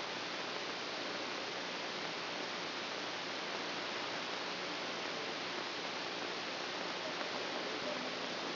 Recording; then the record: brain microelectrode recording played as sound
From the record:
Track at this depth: inside the subthalamic nucleus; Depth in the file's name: 0.04 mm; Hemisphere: right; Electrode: 2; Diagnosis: Parkinson's disease